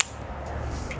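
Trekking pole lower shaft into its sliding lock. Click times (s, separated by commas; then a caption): 0.9 s. A hand holds the handle and another the lower shaft of an aluminium Black Diamond trekking pole and gives it a sharp yank, so the lower shaft engages its sliding lock. Over a low, steady background, a single short, sharp click sounds at 0.9 s. The pole is locked into its assembled state and ready to use.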